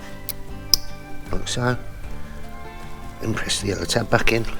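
A fuel feed line's quick-release connector is pushed back onto an engine's injector fuel rail, giving a sharp click at 0.7 s as it seats. Someone talks over background music throughout.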